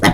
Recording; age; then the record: pig call; piglet (1 to 25 days)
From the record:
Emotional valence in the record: positive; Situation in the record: reunion after long isolation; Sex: male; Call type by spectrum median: low-frequency call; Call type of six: low-frequency tonal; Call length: 0.14 s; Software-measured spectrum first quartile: 336 Hz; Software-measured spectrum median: 910 Hz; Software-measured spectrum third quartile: 2378 Hz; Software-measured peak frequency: 171 Hz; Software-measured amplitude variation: 101 dB a second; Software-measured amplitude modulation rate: 11.1 a second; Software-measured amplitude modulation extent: 9.1 dB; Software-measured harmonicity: -1.4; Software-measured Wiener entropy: -1.98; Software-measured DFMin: 969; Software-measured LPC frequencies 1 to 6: 779, 1981, 3139, 3579, 4124, 5301 Hz